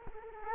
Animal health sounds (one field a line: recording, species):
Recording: mosquito wingbeat signal from an infrared sensor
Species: Culex quinquefasciatus